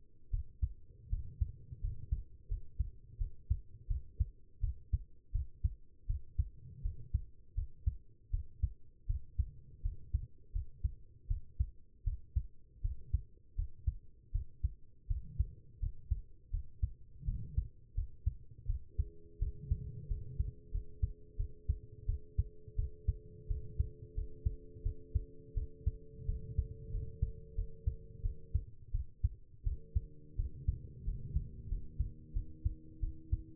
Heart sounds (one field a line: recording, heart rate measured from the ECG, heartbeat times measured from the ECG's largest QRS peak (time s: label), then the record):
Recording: heart sounds by stethoscope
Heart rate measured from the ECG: 84 bpm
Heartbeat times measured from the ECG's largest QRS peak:
0.31 s: heartbeat
1.10 s: heartbeat
1.81 s: heartbeat
2.48 s: heartbeat
3.18 s: heartbeat
3.88 s: heartbeat
4.61 s: heartbeat
5.32 s: heartbeat
6.07 s: heartbeat
6.82 s: heartbeat
7.55 s: heartbeat
8.31 s: heartbeat
9.07 s: heartbeat
9.82 s: heartbeat
10.53 s: heartbeat
11.28 s: heartbeat
12.04 s: heartbeat
12.82 s: heartbeat
13.56 s: heartbeat
14.32 s: heartbeat
15.07 s: heartbeat
15.80 s: heartbeat
16.51 s: heartbeat
17.25 s: heartbeat
17.95 s: heartbeat
18.66 s: heartbeat
19.39 s: heartbeat
20.08 s: heartbeat
20.71 s: heartbeat
21.37 s: heartbeat
22.06 s: heartbeat
22.76 s: heartbeat
23.48 s: heartbeat
24.15 s: heartbeat
24.83 s: heartbeat
25.54 s: heartbeat
26.26 s: heartbeat
26.91 s: heartbeat
27.55 s: heartbeat
28.22 s: heartbeat
28.92 s: heartbeat
29.64 s: heartbeat
30.36 s: heartbeat
31.05 s: heartbeat
31.69 s: heartbeat
32.33 s: heartbeat
33.00 s: heartbeat
From the record:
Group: healthy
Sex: female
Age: 19 years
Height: 163 cm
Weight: 51 kg